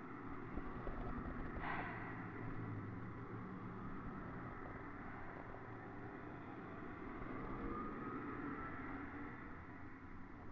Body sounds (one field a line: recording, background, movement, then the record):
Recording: deep breathing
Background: traffic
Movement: sitting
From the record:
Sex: female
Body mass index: 22.6 kg/m2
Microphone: on the chest, facing the body